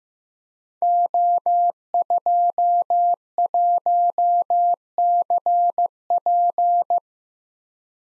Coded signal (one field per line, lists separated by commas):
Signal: Morse code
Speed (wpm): 15 wpm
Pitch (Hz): 700 Hz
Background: none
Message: O21CP